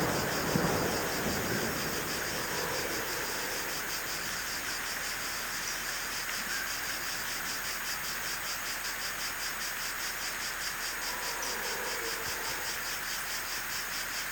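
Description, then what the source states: Crickets chirping in steady, rapid high pulses over a soft rushing hiss. Night forest ambience with crickets, made for sleep and relaxation.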